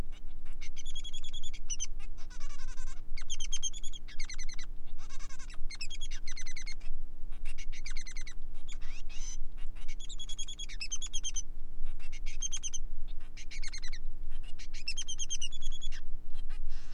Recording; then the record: song of a male Bengalese finch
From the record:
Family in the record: son of father 3